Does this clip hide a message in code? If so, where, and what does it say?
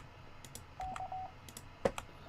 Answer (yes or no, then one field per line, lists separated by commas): no